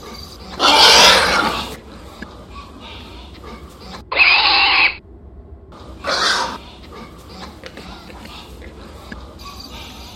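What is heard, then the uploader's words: Hog grunts and squeals come in three short bursts, around the first, fourth and sixth seconds. The second is a tight, shrill squeal, while the others are rougher and more spread out. Between them a low, steady murmur and faint scattered noises continue. Pig\\hog sound effects. Hog Sfx.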